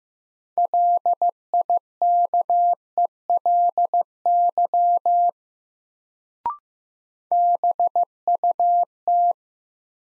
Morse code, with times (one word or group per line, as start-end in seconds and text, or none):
0.6-5.3 LIKELY
7.3-9.3 BUT